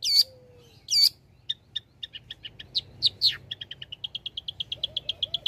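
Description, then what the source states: Long-tailed shrike song opening with loud sweeping whistles, then mixed chirps speeding into a rapid, even run of short high notes. Cendet singing prolifically (gacor), offered as tutoring audio (masteran) for training other songbirds.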